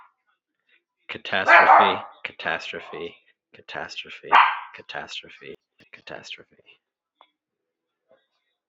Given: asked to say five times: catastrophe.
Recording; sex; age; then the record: repeated word; male; 30 to 39 years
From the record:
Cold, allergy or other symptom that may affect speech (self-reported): no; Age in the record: 33 years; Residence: Rhode Island, United States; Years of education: 12